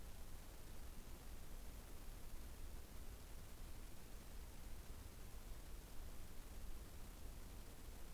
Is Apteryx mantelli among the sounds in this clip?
no